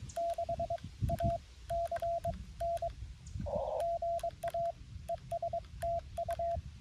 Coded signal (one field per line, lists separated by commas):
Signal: Morse code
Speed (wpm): 22 wpm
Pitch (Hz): 680 Hz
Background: radio noise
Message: 6ACN GA ES TU